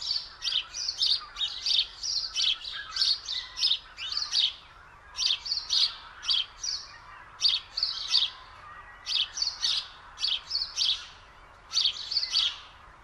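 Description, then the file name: House sparrow chirps in short bursts of several quick notes, separated by brief pauses, repeated throughout. "Passer domesticus"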